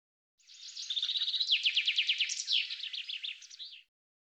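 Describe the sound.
Common chaffinch song: a single run of rapid trilled notes ending in a quick flourish.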